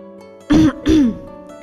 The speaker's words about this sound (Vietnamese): Bạch Ngọc Đường ho nhẹ một cái